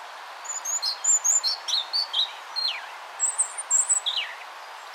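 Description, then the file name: European robin singing thin, high warbled phrases: quick sharp notes, short descending slurs and sweet twitters running almost continuously, with a soft hiss of background noise. "Erithacus rubecula"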